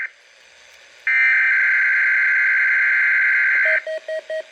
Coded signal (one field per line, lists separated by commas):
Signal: Emergency Alert System (SAME) tones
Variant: header bursts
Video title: Cleaning Up the Backlog... EAS Alerts From 8/9/2022 to 10/12/2022 (EAS #1359 - 1420)